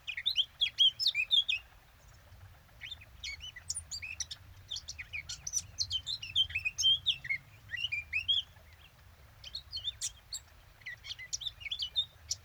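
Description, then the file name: Eurasian blackcap song: rapid, scratchy warbled phrases of high chirps and twitters in bursts of varying length, separated by short pauses, over a faint low rumble. "Sylvia atricapilla"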